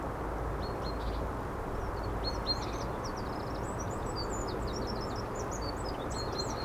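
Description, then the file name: Eurasian wren song: a continuous stream of quick, very high chirps and trilled notes running throughout, over steady low background rumble. "Troglodytes troglodytes"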